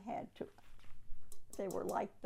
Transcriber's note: tapping noise